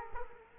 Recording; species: mosquito wingbeat signal from an infrared sensor; Culex quinquefasciatus